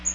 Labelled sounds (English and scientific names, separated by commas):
Bay-breasted Warbler (Setophaga castanea) flight call